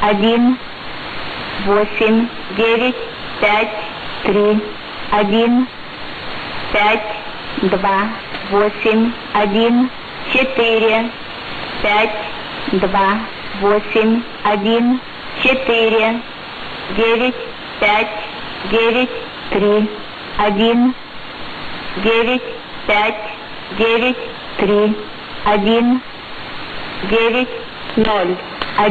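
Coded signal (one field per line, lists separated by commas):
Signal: numbers station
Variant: S06s, Russian female voice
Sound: a woman's voice reading short, evenly spaced Russian number groups over radio hiss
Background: radio static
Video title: 10 07 2018 S06s Russian Lady numbers station in Russian to Eu 0740 on 11655 unknown tx site USB+AM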